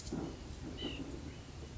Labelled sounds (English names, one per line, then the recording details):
White-breasted Nuthatch
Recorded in Sonoma County, California